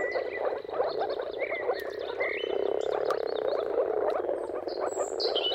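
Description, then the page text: Moor frog chorus, dense and bubbling, runs continuously beneath clear bird song with rising and sliding whistled phrases. Moor frog mating calls at sunrise, turn of March and April, timing depending on weather; recorded by Jakub Orzecki. "Jakub-Orzecki moor frogs. Dawn’s Chorus: Mating Calls of Marsh Frogs at Sunrise. Depending on the weather at the turn of March and April, you can witness an amazing spectacle of moor frogs"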